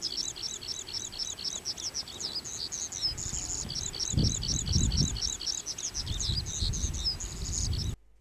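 Goldfinch song: rapid, high, repeated twittering phrases with a short buzzy stretch near three seconds, and low rumbling noise at times.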